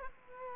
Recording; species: mosquito wingbeat signal from an infrared sensor; Culex quinquefasciatus